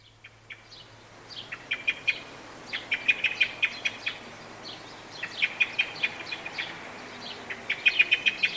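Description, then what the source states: Blackbird alarm, a few scattered chink notes, then several quick series of chinks, over a quiet background. Anxiety call.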